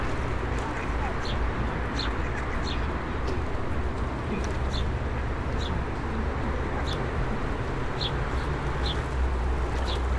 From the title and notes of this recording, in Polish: Kaczki i gołębie na Promenadzie Staromiejskiej. Lokalizacja: Stare Miasto. Kaczki i gołębie karmione przez przechodniów. Odgłosy przejeżdżających samochodów i autobusów. Rekorder, mikrofon: sony pcm d50, mic rode nt4, FEL BMA preamplifier.